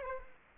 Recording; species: mosquito wingbeat signal from an infrared sensor; Aedes aegypti